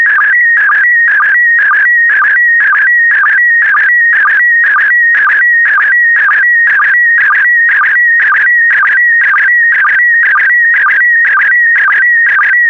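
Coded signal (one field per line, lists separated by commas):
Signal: SSTV (slow-scan television)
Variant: PD120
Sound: warbling tone near 2 kHz, rhythmic buzzy scan lines about twice a second with clicks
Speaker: the next image transmission will start in 10 seconds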